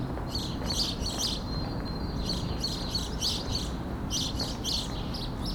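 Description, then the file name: House sparrow chirping in dense bursts of bright, overlapping notes, pausing briefly early on before the chatter resumes. "Passer domesticus"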